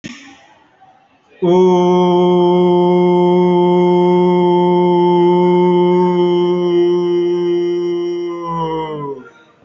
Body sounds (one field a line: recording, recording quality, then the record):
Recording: sustained vowel as in boot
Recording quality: excellent, no background noise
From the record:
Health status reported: respiratory illness, not identified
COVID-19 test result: negative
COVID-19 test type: RT-PCR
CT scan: taken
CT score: 0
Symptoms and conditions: cold, breathing difficulty, fatigue, muscle pain, chronic lung disease, another respiratory illness, hypertension, another condition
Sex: male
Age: 32 years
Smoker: no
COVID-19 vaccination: one dose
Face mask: worn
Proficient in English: yes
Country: India